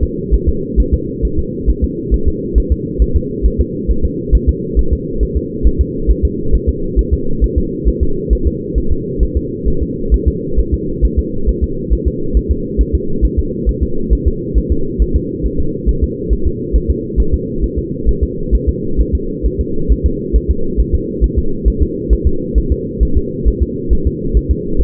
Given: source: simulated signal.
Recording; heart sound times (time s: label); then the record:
fetal heart sounds
0.03 s: S2
0.34 s: S1
0.49 s: S2
0.80 s: S1
0.94 s: S2
1.25 s: S1
1.39 s: S2
1.70 s: S1
1.84 s: S2
2.14 s: S1
2.28 s: S2
2.58 s: S1
2.72 s: S2
3.02 s: S1
3.16 s: S2
3.46 s: S1
3.61 s: S2
3.91 s: S1
4.05 s: S2
4.35 s: S1
4.49 s: S2
4.79 s: S1
4.93 s: S2
5.23 s: S1
5.37 s: S2
5.67 s: S1
5.81 s: S2
6.11 s: S1
6.25 s: S2
6.55 s: S1
6.69 s: S2
6.99 s: S1
7.13 s: S2
7.44 s: S1
7.58 s: S2
7.88 s: S1
8.03 s: S2
8.33 s: S1
8.47 s: S2
8.78 s: S1
8.92 s: S2
9.23 s: S1
9.37 s: S2
9.68 s: S1
9.82 s: S2
10.14 s: S1
10.28 s: S2
10.59 s: S1
10.74 s: S2
11.05 s: S1
11.19 s: S2
11.49 s: S1
11.64 s: S2
11.93 s: S1
12.08 s: S2
12.37 s: S1
12.51 s: S2
12.81 s: S1
12.95 s: S2
13.25 s: S1
13.39 s: S2
13.69 s: S1
13.83 s: S2
14.13 s: S1
14.28 s: S2
14.58 s: S1
14.72 s: S2
15.02 s: S1
15.16 s: S2
15.46 s: S1
15.60 s: S2
15.89 s: S1
16.04 s: S2
16.33 s: S1
16.47 s: S2
16.76 s: S1
16.90 s: S2
17.20 s: S1
17.34 s: S2
17.64 s: S1
17.78 s: S2
18.09 s: S1
18.23 s: S2
18.55 s: S1
18.69 s: S2
19.00 s: S1
19.15 s: S2
19.46 s: S1
19.61 s: S2
19.92 s: S1
20.06 s: S2
20.36 s: S1
20.50 s: S2
20.80 s: S1
20.95 s: S2
21.24 s: S1
21.38 s: S2
21.68 s: S1
21.82 s: S2
22.13 s: S1
22.27 s: S2
22.58 s: S1
22.72 s: S2
23.03 s: S1
23.17 s: S2
23.48 s: S1
23.62 s: S2
23.93 s: S1
24.07 s: S2
24.37 s: S1
24.51 s: S2
24.81 s: S1
From the record:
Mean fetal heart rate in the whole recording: 135 bpm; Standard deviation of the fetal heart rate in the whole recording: 3 bpm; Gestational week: 34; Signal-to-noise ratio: -8.1 dB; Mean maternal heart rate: 72 bpm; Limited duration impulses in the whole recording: absent